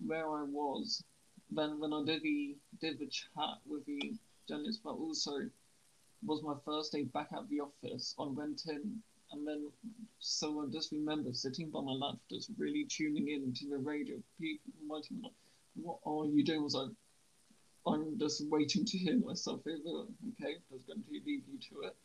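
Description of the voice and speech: An adult's mostly fluent conversational speech with occasional word repetitions and drawn-out sounds, consistent with a mild stammer.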